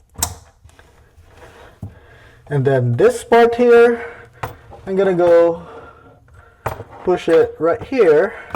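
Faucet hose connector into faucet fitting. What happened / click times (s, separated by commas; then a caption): The plastic hose connector snapped into place / 0.2 s. A plastic connector on a faucet supply hose is pushed into the faucet fitting under a sink, after the hoses were crossed so less hose hangs out. It snaps home with a sharp click at 0.2 s, and then someone talks.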